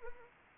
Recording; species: mosquito wingbeat signal from an infrared sensor; Anopheles arabiensis